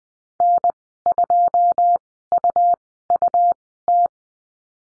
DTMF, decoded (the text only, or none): none